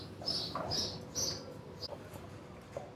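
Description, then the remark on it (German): Birds squawk overhead while being fed, in a burst of three shrill, high-pitched calls during the first second and a half, followed by a few fainter, scattered squeaks over a low, steady background rumble. “Über mir bölken jetzt gerade die Vögel, die werden gerade gefüttert da oben.”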